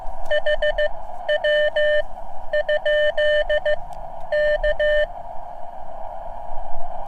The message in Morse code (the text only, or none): HW? K